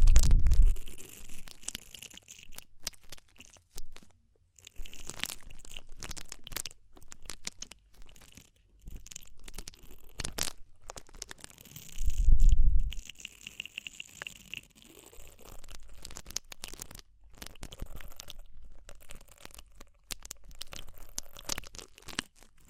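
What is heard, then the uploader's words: Ear cleaning sounds made of dense, rapid crackling and crinkling scratches that come in bursts and short pauses throughout. Two heavier, low thumping rubs stand out, one at the start and one around twelve seconds, louder than the rest. ASMR DEEP Ear Penetrating Cleaning (No Talking).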